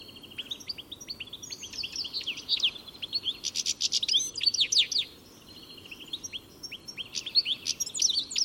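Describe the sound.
Birds chirping in a dense flurry of high sharp notes, a pause after five seconds, then more scattered chirps.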